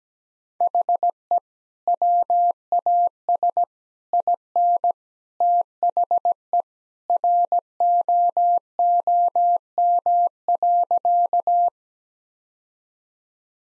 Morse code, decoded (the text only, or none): HE WAS IN THE ROOM.